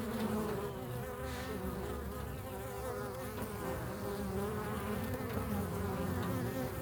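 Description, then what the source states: Bees buzzing steadily in a continuous drone with wavering pitch, without pauses. Bees in a field.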